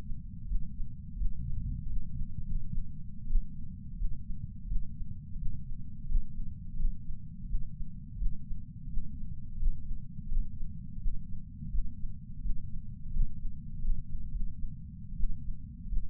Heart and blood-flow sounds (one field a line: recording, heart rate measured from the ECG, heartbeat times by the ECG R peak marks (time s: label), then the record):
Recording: heart sounds by patch sensor on the chest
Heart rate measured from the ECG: 86 bpm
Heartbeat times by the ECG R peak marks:
0.48 s: heartbeat
1.17 s: heartbeat
1.88 s: heartbeat
2.46 s: heartbeat
3.28 s: heartbeat
3.97 s: heartbeat
4.68 s: heartbeat
5.38 s: heartbeat
6.08 s: heartbeat
6.77 s: heartbeat
7.47 s: heartbeat
8.18 s: heartbeat
8.89 s: heartbeat
9.59 s: heartbeat
10.29 s: heartbeat
11.00 s: heartbeat
11.71 s: heartbeat
12.42 s: heartbeat
13.13 s: heartbeat
13.82 s: heartbeat
14.31 s: heartbeat
15.16 s: heartbeat
15.89 s: heartbeat
From the record:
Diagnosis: coronary artery disease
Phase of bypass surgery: preoperative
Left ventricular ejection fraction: 50.8%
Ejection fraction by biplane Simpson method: 50%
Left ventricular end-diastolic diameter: 50 mm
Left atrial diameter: 32 mm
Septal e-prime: 7.2 cm/s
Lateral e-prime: 9.1 cm/s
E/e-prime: 8.5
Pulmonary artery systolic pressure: 23 mmHg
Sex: male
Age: 65 years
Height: 170 cm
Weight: 65 kg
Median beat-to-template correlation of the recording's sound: 0.75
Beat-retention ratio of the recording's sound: 0.96